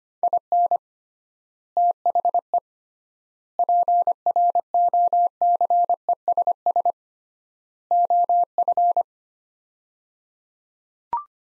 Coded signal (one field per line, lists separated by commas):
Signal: Morse code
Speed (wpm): 25 wpm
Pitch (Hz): 700 Hz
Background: none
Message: IN THE PROCESS OF